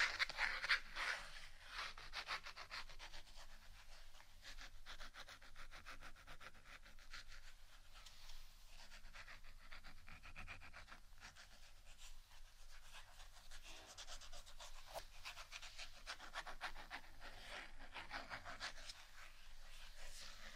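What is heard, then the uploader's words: Dry scratching runs steadily for the whole stretch, a dense, rapid rasp of fine strokes with a papery, rubbing texture. It stays fairly even in level, with a brighter, louder burst right at the start and faint low hum underneath. ASMR Scratching Only（No Talking）.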